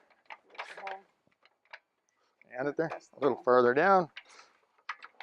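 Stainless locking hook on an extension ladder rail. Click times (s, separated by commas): 4.9 s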